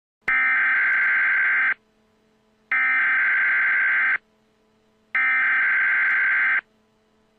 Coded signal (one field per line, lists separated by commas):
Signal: Emergency Alert System (SAME) tones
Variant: header bursts